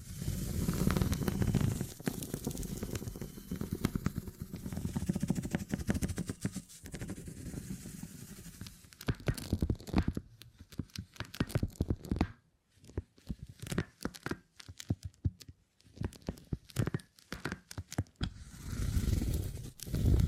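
Beeswax being handled, with dense crackling, sticky tearing and crinkling textures. The first half is a thick, continuous rustle with low rumbling; after about ten seconds it breaks into sharper, separate snaps and pauses, then thickens again near the end.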